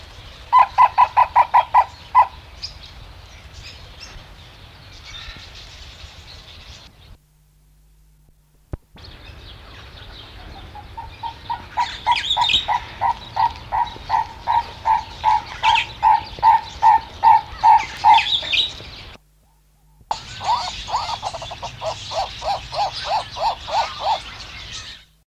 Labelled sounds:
Purple-crested Turaco (Tauraco porphyreolophus) call

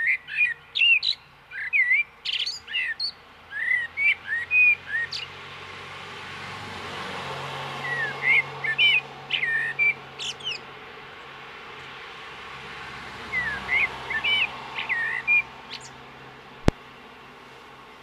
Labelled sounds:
Common Blackbird (Turdus merula) song

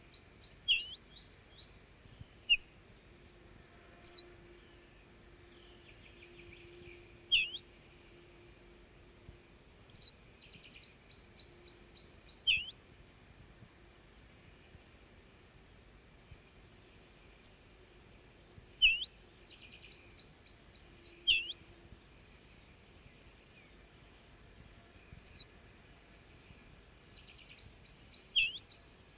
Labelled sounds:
Ortolan Bunting (Emberiza hortulana) alarm call

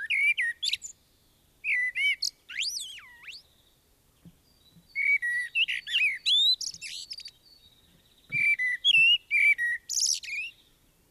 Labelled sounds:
Common Blackbird (Turdus merula) song

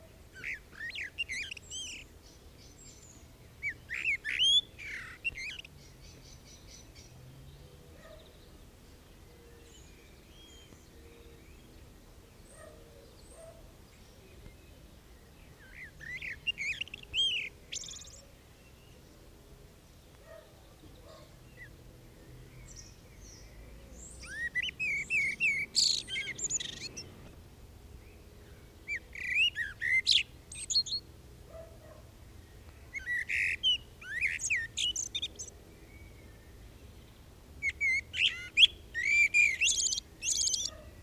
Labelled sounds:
Common Blackbird (Turdus merula) song

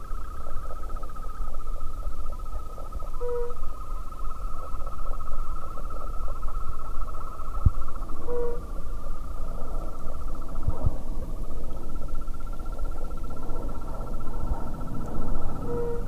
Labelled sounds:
Fire-Bellied Toad (Bombina bombina) call

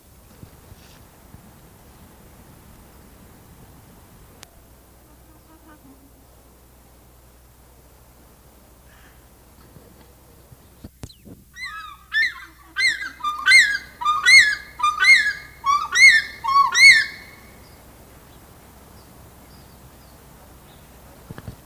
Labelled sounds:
African Fish-eagle (Haliaeetus vocifer)

